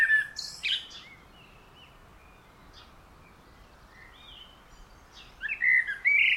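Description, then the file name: Common blackbird song: a loud burst with high notes at the start, near silence for several seconds, then loud warbled notes returning at the end. "Turdus merula"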